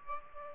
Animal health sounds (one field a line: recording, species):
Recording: mosquito wingbeat signal from an infrared sensor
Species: Aedes aegypti